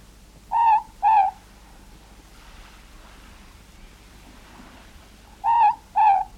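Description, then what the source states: Morepork calling a two-note 'more-pork' hoot twice, the pairs about five seconds apart, over quiet background. New Zealand.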